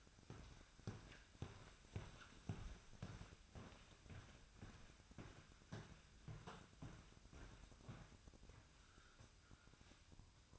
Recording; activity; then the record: daily activity, microphone in the room; walk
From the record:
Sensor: 2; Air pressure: 1001.5 hPa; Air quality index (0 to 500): 228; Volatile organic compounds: 26 ppm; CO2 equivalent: 2862 ppm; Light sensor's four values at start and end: 8/27/10/10 and 8/27/10/10